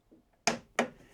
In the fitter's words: you can hit a little click, and that allows me to lift it up.